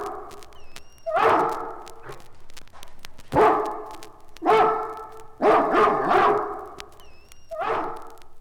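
Dog barking, several barks spread irregularly, single and doubled.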